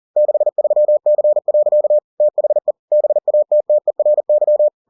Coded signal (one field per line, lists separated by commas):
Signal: Morse code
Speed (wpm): 40 wpm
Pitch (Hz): 600 Hz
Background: none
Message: 63C. THE BATTERY